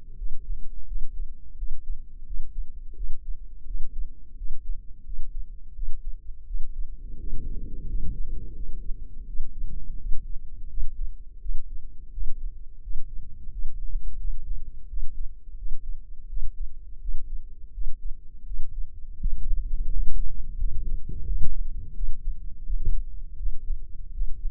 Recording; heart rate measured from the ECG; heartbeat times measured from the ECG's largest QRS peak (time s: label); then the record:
heart sounds by microphone in the left ear; 85 bpm
0.16 s: heartbeat
0.86 s: heartbeat
1.56 s: heartbeat
2.24 s: heartbeat
2.94 s: heartbeat
3.65 s: heartbeat
4.35 s: heartbeat
5.04 s: heartbeat
5.73 s: heartbeat
6.45 s: heartbeat
7.18 s: heartbeat
7.87 s: heartbeat
8.54 s: heartbeat
9.25 s: heartbeat
9.97 s: heartbeat
10.68 s: heartbeat
11.39 s: heartbeat
12.11 s: heartbeat
12.81 s: heartbeat
13.50 s: heartbeat
14.18 s: heartbeat
14.87 s: heartbeat
15.56 s: heartbeat
16.27 s: heartbeat
16.99 s: heartbeat
17.72 s: heartbeat
18.44 s: heartbeat
19.17 s: heartbeat
19.90 s: heartbeat
20.58 s: heartbeat
21.26 s: heartbeat
21.94 s: heartbeat
22.64 s: heartbeat
23.37 s: heartbeat
24.12 s: heartbeat
From the record:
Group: healthy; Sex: male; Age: 57 years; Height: 188 cm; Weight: 106 kg